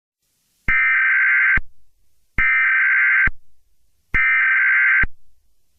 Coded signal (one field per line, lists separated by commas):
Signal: Emergency Alert System (SAME) tones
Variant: header bursts